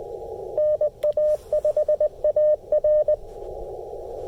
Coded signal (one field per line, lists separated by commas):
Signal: Morse code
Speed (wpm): 17 wpm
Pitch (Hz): 600 Hz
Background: radio noise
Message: NA5AR